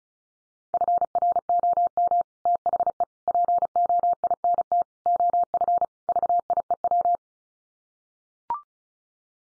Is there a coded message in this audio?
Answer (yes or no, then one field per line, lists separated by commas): yes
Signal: Morse code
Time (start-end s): 0.7-7.2 s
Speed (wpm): 34 wpm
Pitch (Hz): 700 Hz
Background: none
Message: FROM THE POINT OF VIEW